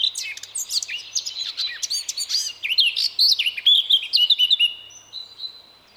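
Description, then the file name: Eurasian blackcap song: a fast, scratchy warble that breaks into clear, fluty whistled phrases before fading out. "Sylvia atricapilla"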